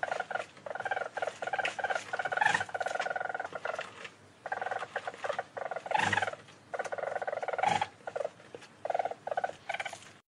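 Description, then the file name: Weasel trilling chatter in repeated fast-pulsed phrases, with a few sharp squeals and brief pauses between runs. "menyét"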